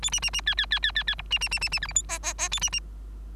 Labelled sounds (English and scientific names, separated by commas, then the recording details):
Bengalese Finch (Lonchura striata domestica) song
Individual Bird3